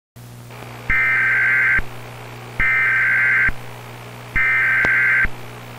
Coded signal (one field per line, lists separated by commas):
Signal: Emergency Alert System (SAME) tones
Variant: header bursts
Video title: EAS Scenario | SCP-966 "Sleep Killer" | Alert Containment Breach